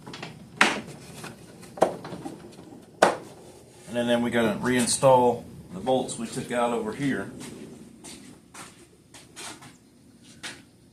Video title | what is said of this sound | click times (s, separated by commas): How to replace a PTO belt on a Toro Recycler 22'' mower #smallengine | plastic bracket here where it just snaps into place. | 0.6 s